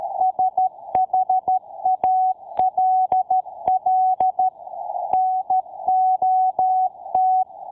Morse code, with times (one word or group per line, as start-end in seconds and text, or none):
0.2-4.5 SHALL
5.1-7.4 NOT